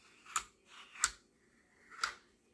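A plastic daily pill compartment is pushed into its Greencycle 7-day weekly pill organizer case, ratcheting past a rubbery detent piece on the bottom. Three short intermediate clicks sound at 0.4 s, 1.0 s and 2.0 s. The compartment is only partly in and not yet home; the last click is still to come.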